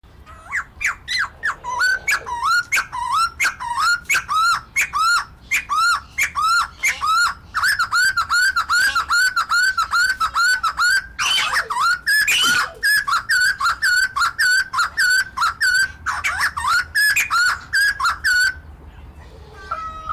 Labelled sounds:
White-crested Laughingthrush (Garrulax leucolophus) call
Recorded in captivity
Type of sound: call
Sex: male
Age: adult
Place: Zoo Halle, Sachsen-Anhalt, DE
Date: 1998-04-16 17:03
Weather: overcast, ca. 12°C
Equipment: Sony MD-WM MZ-R3, Sennheiser MKH 416 T, Kopie Uher 4000 Report Monitor
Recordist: Tembrock, Günter

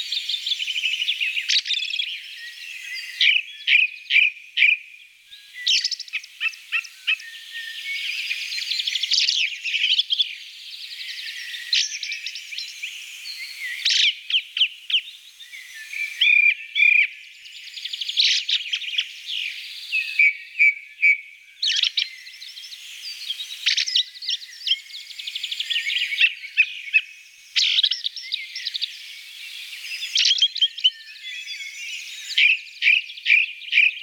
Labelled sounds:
Ring Ouzel (Turdus torquatus) song
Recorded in the wild
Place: Kandel /Schwarzwald; Waldkirch, Baden-Württemberg, DE
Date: 1983-06-04
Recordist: Schwarz, Dieter

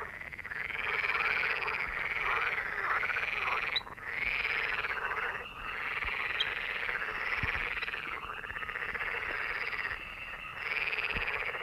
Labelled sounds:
Little Grebe (Tachybaptus ruficollis) call
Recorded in the wild
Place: Wieseck, DE
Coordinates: 50.6328, 8.72694
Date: 1965-06-21
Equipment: Uher Report 4000, AKG D190
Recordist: Krey, Winfried

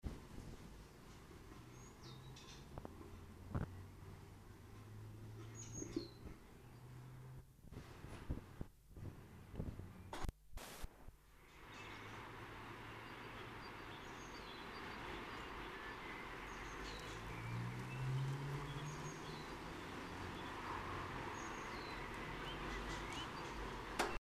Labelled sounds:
Great Tit (Parus major) call
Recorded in the wild
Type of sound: call
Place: Kaiserslautern, Rheinland-Pfalz, DE
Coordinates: 49.4247, 7.77889
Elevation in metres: 279
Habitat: garden
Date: 1982-04-02
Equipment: Nagra IV
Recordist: Tretzel, Erwin
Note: Garten, Kaiserslautern: Rufe

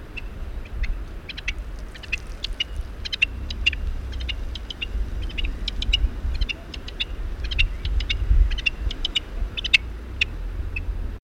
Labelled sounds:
Rock Partridge (Alectoris graeca)
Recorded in the wild
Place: Melnik, Sofia, BG
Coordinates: 41.525, 23.392
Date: 1974-05-22
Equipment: Nagra III BH, Sennheiser MD 21, parabola
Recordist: Schubert, Michael
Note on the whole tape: Steinhuhn mit sehr langen Strophen

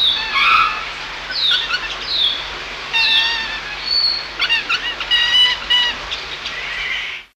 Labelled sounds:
Fiery-billed Aracari (Pteroglossus frantzii) call
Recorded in captivity
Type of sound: call
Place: Vogelpark Walsrode, Niedersachsen, DE
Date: 1978-10-02
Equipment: Halbspur, 9,5 cm/s
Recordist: Lütgens, Hans
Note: Rufe

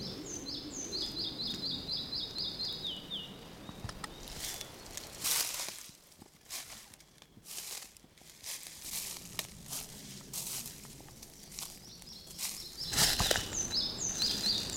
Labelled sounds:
Red-breasted Flycatcher (Ficedula parva)
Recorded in the wild
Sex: male
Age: adult
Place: Mühlenbeck, Brandenburg, DE
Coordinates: 52.667, 13.37
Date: 1992-06-08 12:36
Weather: sonnig (heiter) 21-22°C, böiger Wind
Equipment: Nagra SN, Mikrofon AKG CK 8, Kopie Tesla B 116
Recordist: Tembrock, Günter

